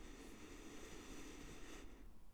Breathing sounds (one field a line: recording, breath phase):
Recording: one breath near a microphone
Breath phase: inhalation